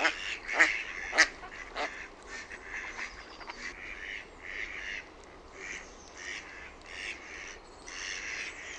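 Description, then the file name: Mallard quacks, a few loud nasal calls early on followed by softer, irregular quacking over a steady background hiss. "SINISORSA"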